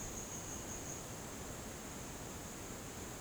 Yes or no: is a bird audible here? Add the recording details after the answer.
no. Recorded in dense forest near Puerto Asís, Putumayo, Colombia, on 13 March 2025 at 17:30. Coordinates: 0.486, -76.317. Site G053